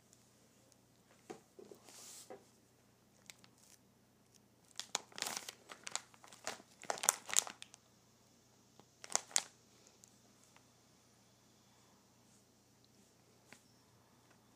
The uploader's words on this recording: ASMR Crinkling a Plastic Bag of Cloths.